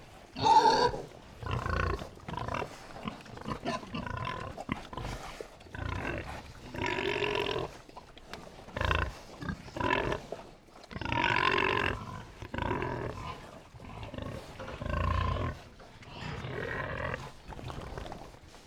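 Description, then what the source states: Pigs grunting and snorting in a group, with overlapping rough grunts of varying length throughout and some louder bursts. A herd of pigs grunting.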